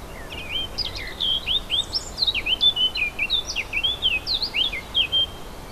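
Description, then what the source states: Warbler singing a rapid, varied jumble of slurred chirps and short whistles that runs almost without pause, over a low hiss. Recorded 4 May 2011 on an MZ-N710 recorder.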